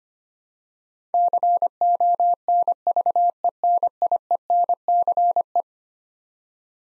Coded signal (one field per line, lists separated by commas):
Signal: Morse code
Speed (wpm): 25 wpm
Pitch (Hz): 700 Hz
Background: none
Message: CONVENIENCE